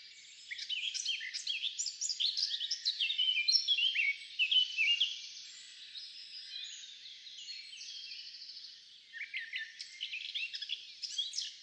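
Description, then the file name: Eurasian blackcap, a fast varied warble of scratchy and clear whistled notes, strongest in the first half, then a softer continuous twitter, a brief drop near 9 seconds, and renewed louder bursts to the end. "Sylvia atricapilla"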